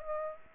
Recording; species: mosquito wingbeat signal from an infrared sensor; Aedes aegypti